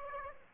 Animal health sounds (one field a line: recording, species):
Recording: mosquito wingbeat signal from an infrared sensor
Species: Aedes aegypti